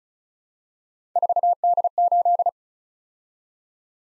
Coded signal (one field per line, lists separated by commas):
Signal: Morse code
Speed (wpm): 36 wpm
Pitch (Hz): 700 Hz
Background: none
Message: 4D8